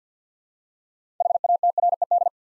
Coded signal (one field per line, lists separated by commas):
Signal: Morse code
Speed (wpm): 50 wpm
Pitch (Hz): 700 Hz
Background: none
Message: HATRED